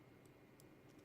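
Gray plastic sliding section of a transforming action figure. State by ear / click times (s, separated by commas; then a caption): not seated / none. A gray plastic sliding section of a transforming robot action figure is pushed up, meant to click into place. Only faint plastic handling ticks are heard, at about 0.6 s and 1.1 s, over a low steady background. Nothing has seated or clicked yet.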